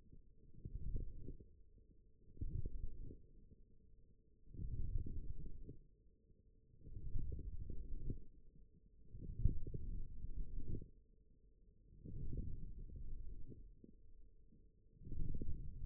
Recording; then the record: forearm muscle sounds (acoustic myography)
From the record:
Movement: forearm pronation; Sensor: system 1, eight BSWA MPA416 microphones around the upper forearm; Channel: 1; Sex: male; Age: 18 years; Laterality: right